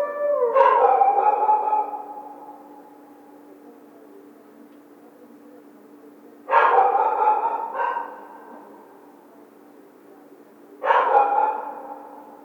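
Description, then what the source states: Coyote calling in three harsh, harmonic yelping bursts about four to six seconds apart, each trailing into a brief fading howl, with quiet between. Coyote howling; recorded 1 February 2010.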